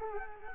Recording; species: mosquito wingbeat signal from an infrared sensor; Culex quinquefasciatus